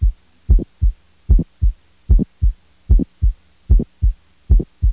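Adult heart sounds heard through a stethoscope, a steady beat at about 75 beats per minute.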